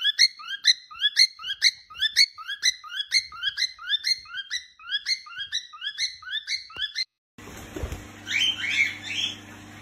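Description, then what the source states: Cockatiel calls, a rapid steady series of short, bright upswept chirps for several seconds, followed by a noisy hum with fainter chirping. More than one cockatiel, whistling song.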